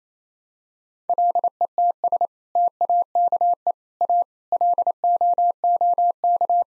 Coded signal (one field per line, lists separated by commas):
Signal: Morse code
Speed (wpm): 28 wpm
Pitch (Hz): 700 Hz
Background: none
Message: LETS TAKE A LOOK